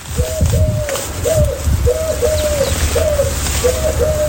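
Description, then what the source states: Eurasian Collared Dove cooing: repeated three-note coos, each with a lengthened middle note, in a steady rhythm over low background rumble. Frequently seen and heard in a garden; coos roekoekoe all day long as an eager breeder with many clutches; species arrived in the 1950s and spread explosively.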